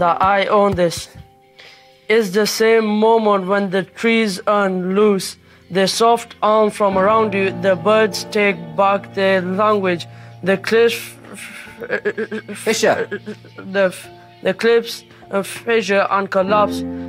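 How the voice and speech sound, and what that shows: A teenage boy with a severe stammer since childhood reads a poem aloud over soft music, a technique meant to ease his speech, while practising for a school English speaking exam. He reads fluently at first, then hits a long block on 'the cliffs', repeats 'the', then 'the cliffs', and continues.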